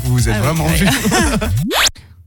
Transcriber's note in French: rires